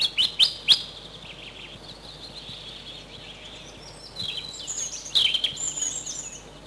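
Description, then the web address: European robin singing high, thin warbling phrases with sharp ticks at the start and a sweet trilling phrase later, separated by quiet pauses. Spring recording. "vremena vesna zarjanka"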